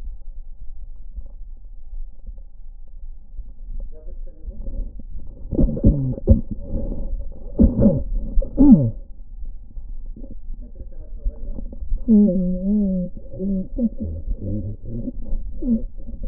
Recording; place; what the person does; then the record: lung sounds by stethoscope; left anterior apical chest; quiet breathing, then cough and speech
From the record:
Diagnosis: interstitial lung disease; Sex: male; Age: 82 years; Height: 158 cm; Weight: 49 kg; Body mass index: 19.6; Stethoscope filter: diaphragm mode